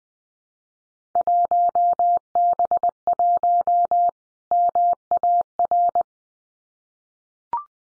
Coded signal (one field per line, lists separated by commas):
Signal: Morse code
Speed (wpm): 20 wpm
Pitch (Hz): 700 Hz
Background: none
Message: 1B1 MAR